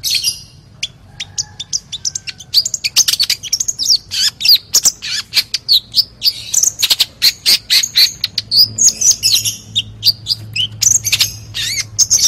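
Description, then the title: Oriental magpie-robin singing a dense, rapid stream of high chips and squeaky notes, about four per second, over a faint low hum. "Kacer"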